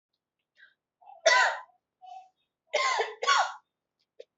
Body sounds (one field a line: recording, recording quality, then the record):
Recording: heavy voluntary cough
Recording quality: excellent, no background noise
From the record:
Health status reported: healthy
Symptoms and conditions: none ticked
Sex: female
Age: 25 years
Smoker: not ticked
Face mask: not worn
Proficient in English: yes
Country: India